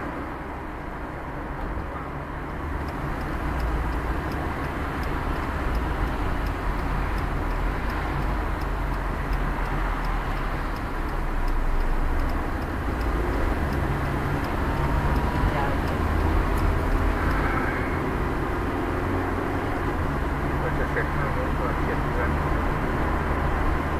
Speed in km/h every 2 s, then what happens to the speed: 18, 10, 8, 12, 18, 25, 31, 34, 36, 32, 27, 23.
0-3 slows to 8. 5-15 speeds up to 36. 17-24 slows to 23.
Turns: none.